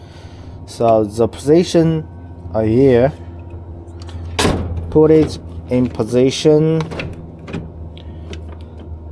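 On a Jetinno JL300 Barista coffee machine, during brewer filter replacement, the brewer unit is lined up and set into position on its mount in the machine housing, with plastic parts moving and sliding. Someone talks throughout, with short plastic knocks and scrapes near the end. The unit has not yet been pushed home, and nothing has seated or clicked yet.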